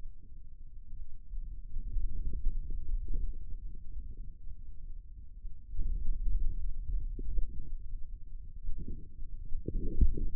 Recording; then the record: forearm muscle sounds (acoustic myography)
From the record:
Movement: finger pinch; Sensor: system 2, bracelet of six BSWA MPA416 microphones around the upper forearm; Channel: 3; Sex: male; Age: 22 years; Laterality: right